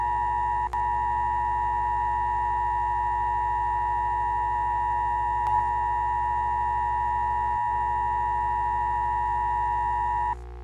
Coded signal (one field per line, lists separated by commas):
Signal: Emergency Alert System (SAME) tones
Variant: 853 and 960 Hz attention tone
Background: music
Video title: EAS Mock #2 - l o o k AROund A sU p Ri S E i s H E R E